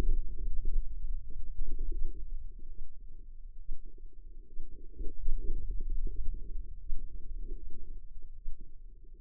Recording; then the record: forearm muscle sounds (acoustic myography)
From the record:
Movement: hand opening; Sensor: system 2, bracelet of six BSWA MPA416 microphones around the upper forearm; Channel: 1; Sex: female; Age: 25 years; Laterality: right